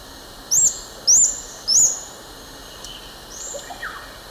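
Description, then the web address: Orange-fronted plushcrown calls: three thin, high, rising notes in quick succession, followed by fainter bird notes. Recorded in the eastern lowlands of South America. "Natures Songs S America Eastern Lowlands. Metopothrix aurantiaca, calls"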